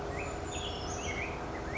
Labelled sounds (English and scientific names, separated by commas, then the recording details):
Brown Creeper (Certhia americana)
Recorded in Sonoma County, California